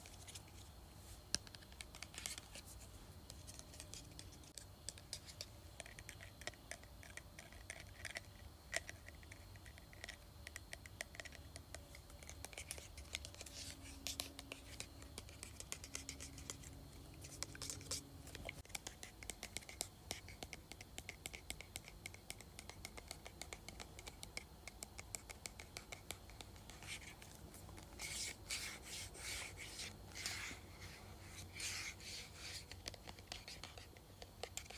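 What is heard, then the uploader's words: A spray bottle being handled and shaken, with dense, irregular rattling and scraping clicks running throughout. Bursts of bright hissing cluster around 28 to 32 seconds, likely the spray. A low hum sits underneath, with a brief tonal whine near 14 to 18 seconds. ASMR Shaking and Spraying Spray Bottle.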